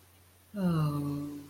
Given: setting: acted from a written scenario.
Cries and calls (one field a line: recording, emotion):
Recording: vocal sound without words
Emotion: disappointment